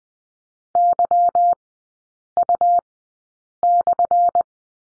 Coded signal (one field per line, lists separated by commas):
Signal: Morse code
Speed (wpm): 20 wpm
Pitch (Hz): 700 Hz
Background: none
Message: YU/